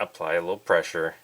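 A metal crimp terminal pin, oriented with its locking hook down, is pressed into a plastic Molex connector housing while someone talks. Nothing has seated or clicked yet.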